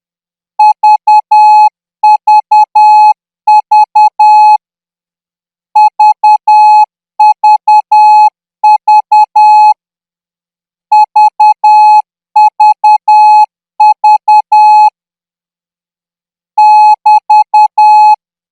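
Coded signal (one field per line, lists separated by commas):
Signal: Morse code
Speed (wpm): 10 wpm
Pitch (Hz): 850 Hz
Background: music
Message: VVV VVV VVV <BT>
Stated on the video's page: Thai radio signal training Morse at 14 words per minute.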